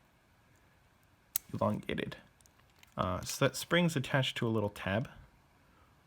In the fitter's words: when I push it all the way you hear a little click and the spring stays permanently elongated